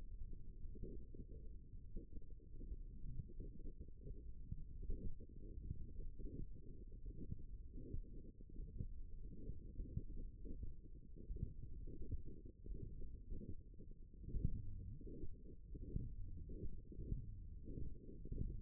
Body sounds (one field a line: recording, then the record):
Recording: forearm muscle sounds (acoustic myography)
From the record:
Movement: finger pinch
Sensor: system 1, eight BSWA MPA416 microphones around the upper forearm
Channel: 7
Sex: female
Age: 22 years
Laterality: right